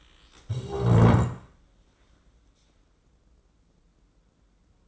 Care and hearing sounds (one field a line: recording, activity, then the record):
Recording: daily activity, microphone in the room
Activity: stand up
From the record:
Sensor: 3